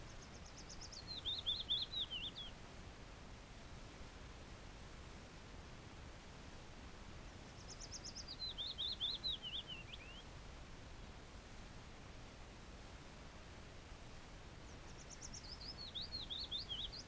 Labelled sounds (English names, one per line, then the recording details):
Willow Warbler song
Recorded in the wild
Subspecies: trochilus
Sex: male
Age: adult
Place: Spitzberg, Tübingen, Baden-Württemberg, DE
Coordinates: 48.5167, 9.01667
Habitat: pine stand
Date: 1961-05-22
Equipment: Reflektor, Scotch-Band
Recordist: FAB